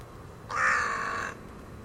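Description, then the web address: Bird giving a single drawn-out, hoarse call lasting under a second over a low, steady background hum. "cianscape. Deverinetal. Bird Only"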